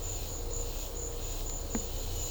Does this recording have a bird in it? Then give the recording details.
no. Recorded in secondary vegetation near Puerto Asís, Putumayo, Colombia, on 21 December 2024 at 12:00. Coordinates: 0.500, -76.326. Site G065